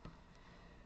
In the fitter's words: that does come on and off. It does kind of click into place, which is nice.